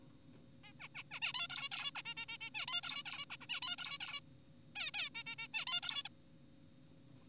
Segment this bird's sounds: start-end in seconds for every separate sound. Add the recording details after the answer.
0.64-0.73, 0.80-0.88, 0.95-1.03, 1.11-1.20, 1.22-1.32, 1.34-1.48, 1.50-1.70, 1.72-1.91, 1.95-2.02, 2.06-2.14, 2.17-2.26, 2.29-2.38, 2.41-2.50, 2.55-2.66, 2.68-2.81, 2.83-3.03, 3.06-3.26, 3.30-3.37, 3.41-3.47, 3.50-3.60, 3.62-3.76, 3.78-3.98, 4.01-4.20, 4.76-4.91, 4.94-5.09, 5.15-5.24, 5.26-5.36, 5.39-5.48, 5.54-5.65, 5.67-5.81, 5.83-6.03, 6.05-6.08. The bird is an adult. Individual g4p5U